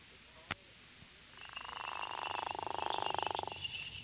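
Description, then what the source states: Gopher frog giving a snoring call, a rough pulsed drone swelling over about two seconds then stopping, after a single click. Florida, dry sandy habitats; call is a distinctive snore; breeds in winter and early spring in northern Florida, after heavy rains in May and June in south Florida.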